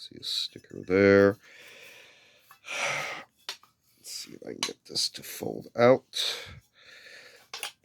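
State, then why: Seated. A man talks while unfolding the blade of a used steel USGI folding entrenching tool. A sharp metallic clack is heard at 7.5 and 7.6 seconds as the hinge locks the blade into its open position.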